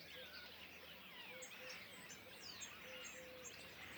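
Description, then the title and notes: Common starling flock chatter of high squeaks and slurred whistles, while brief low hoots sound now and then below. Flock perched in trees beside the Louroux pond, Le Louroux, Indre-et-Loire, Centre-Val de Loire, France; recorded with Sennheiser MKH8020 ORTF stereo pair, Rycote, Sound Devices MixPre6 II. "Le Louroux, Loches, Indre-et-Loire, Centre-Val de Loire, France métropolitaine, 37240, France - étourneaux sansonnet dans les arbres. Nuée d'étourneaux posés dans un arbre aux abords de l'étang du louroux"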